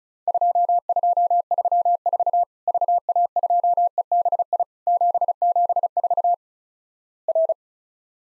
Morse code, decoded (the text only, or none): 2234 VA2EBI 774 R